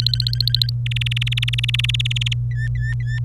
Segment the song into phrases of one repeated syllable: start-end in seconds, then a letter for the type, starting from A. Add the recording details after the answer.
0.00-0.70 A, 0.86-2.33 B, 2.50-3.19 C. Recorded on 26 April 2018 at 12:11. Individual llb3